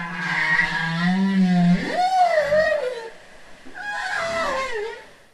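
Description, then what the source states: Bowhead whale song: a low steady tone that swoops upward into a wavering note and then falls, followed by further descending sweeps rich in overtones. Rubbery song captured by underwater acoustic recorders off Gambell and farther north in the Bering Strait, part of a study begun in 2013.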